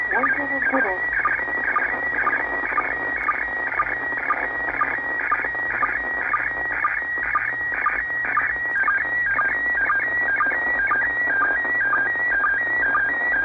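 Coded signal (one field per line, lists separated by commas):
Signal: SSTV (slow-scan television)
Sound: warbling tones sweeping between high pitches, with short low chirps twice a second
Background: radio static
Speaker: it's a low noisy but we're coding some images it's not far from the beginning of the picture here so that's not that it's not too noisy got some really deep fades here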